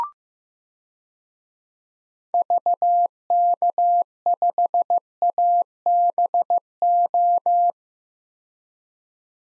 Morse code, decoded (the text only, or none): VK5ABO